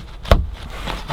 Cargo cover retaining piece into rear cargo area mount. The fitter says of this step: and snap in oh